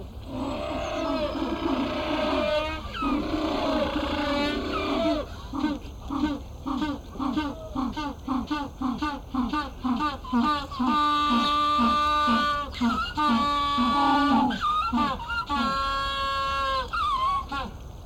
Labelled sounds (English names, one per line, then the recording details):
African Penguin call
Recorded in captivity
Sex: group
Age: diverse
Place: Zoo Berlin, Berlin, DE
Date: 1996-01-06 14:28
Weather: bedeckt, -4°C
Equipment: Sony WM-D6C, Sennheiser ME 80, Kopie Uher 4000 Report Monitor
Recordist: Tembrock, Günter